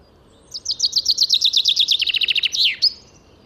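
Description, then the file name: Common chaffinch song: a cascading series of crisp high notes that falls in pitch, closing with a quick falling-then-rising end flourish. "Fringilla coelebs"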